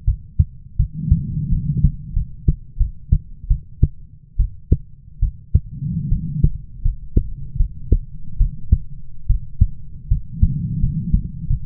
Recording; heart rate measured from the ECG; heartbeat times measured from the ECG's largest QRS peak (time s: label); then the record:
heart sounds by stethoscope; 79 bpm
0.05 s: heartbeat
0.77 s: heartbeat
1.50 s: heartbeat
2.14 s: heartbeat
2.78 s: heartbeat
3.48 s: heartbeat
4.37 s: heartbeat
5.20 s: heartbeat
6.09 s: heartbeat
6.82 s: heartbeat
7.57 s: heartbeat
8.38 s: heartbeat
9.27 s: heartbeat
10.08 s: heartbeat
10.80 s: heartbeat
11.47 s: heartbeat
From the record:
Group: healthy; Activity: rest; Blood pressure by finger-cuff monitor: 105/71 mmHg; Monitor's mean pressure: 87 mmHg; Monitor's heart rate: 82 bpm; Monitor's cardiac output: 7.4 L/min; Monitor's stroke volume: 85 mL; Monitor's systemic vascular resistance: 840 dyn s/cm5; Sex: female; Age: 22 years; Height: 157 cm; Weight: 47.6 kg